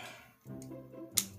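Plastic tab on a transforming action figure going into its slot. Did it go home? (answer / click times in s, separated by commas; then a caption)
yes / 1.2 s. A plastic tab on a large transforming action figure, Galvatron from the Transformers War for Cybertron Kingdom Leader Class line, is pushed into its slot as two parts are brought up during transformation. Low handling rustle is heard, then a sharp, bright click at 1.2 s as the tab seats and locks into place.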